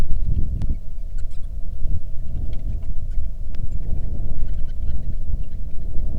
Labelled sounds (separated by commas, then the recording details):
bird, wind, rain
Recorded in the Arctic National Wildlife Refuge, Alaska, on 3 August 2019 at 10:04
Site 46